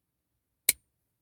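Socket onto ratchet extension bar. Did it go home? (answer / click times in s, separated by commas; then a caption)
yes / 0.7 s. A steel socket is pushed fully onto a wobble extension bar of a Draper ratchet until the detent ball locks it. A single sharp, bright metallic click at 0.7 s, with a brief high ring, stands out against silence. The socket is seated solidly with very little movement.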